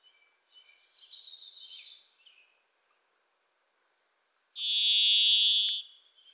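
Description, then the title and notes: Varied thrush song: another bird's quick chatter opens, followed after a pause by one long, even, buzzy whistle. Wild bird singing, hard to locate, from deep within Pacific Northwest forest; voice likened to 'Listen. Listen. Listen.'; a Wilson's Warbler sings alongside. "The Varied Thrush, Ixoreus naevius, is a wisp in the forests of the Pacific Northwest. Singing its songs from deep within the trees"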